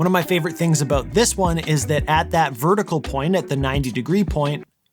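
A camera is being rotated on a black horizontal-to-vertical adapter plate with a big red knob, heading toward its 90-degree vertical detent. Someone talks throughout, and the speech stops abruptly near the end. The part is handled but not yet home: nothing has seated or clicked yet.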